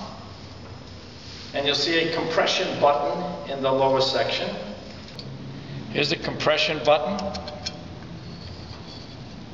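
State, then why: Not seated. A man talks while handling the lower section of an arm tube that has a spring compression button, which is meant to be pressed into the upper tube section until the button clicks into its hole. Brief handling ticks are heard around 5.2 s and 7.7 s. Nothing has seated or clicked yet.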